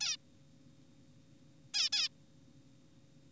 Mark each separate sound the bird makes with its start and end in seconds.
0.01-0.17, 1.74-1.89, 1.93-2.08